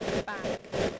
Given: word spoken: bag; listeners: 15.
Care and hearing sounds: one English word in noise, from a listening test; noise modulated by three-talker babble; -7.1 dB; 4 of 15; 11 of 15; 0.59 s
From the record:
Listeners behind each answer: 11, 4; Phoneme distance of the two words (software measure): 10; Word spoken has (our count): 1 syllable, 3 phonemes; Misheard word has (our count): 1 syllable, 3 phonemes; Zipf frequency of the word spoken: 4.89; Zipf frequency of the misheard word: 6.25

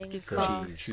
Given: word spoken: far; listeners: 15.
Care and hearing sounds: one English word in noise, from a listening test; four-talker babble; -0.8 dB; 0 of 15; 8 of 15; 0.53 s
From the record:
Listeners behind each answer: 8, 2, 2, 1, 1, 1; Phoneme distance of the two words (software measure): 10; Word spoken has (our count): 1 syllable, 2 phonemes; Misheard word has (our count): 1 syllable, 2 phonemes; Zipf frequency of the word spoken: 5.61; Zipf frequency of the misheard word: 5.44

